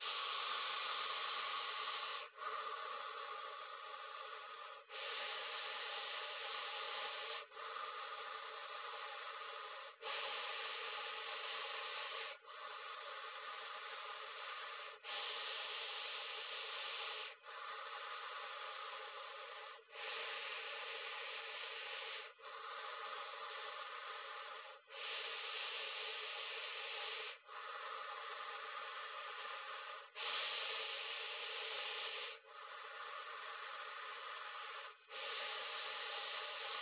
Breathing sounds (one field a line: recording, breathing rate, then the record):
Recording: paced breathing near a phone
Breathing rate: 12 breaths a minute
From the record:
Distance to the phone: 20 cm